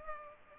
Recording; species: mosquito wingbeat signal from an infrared sensor; Culex pipiens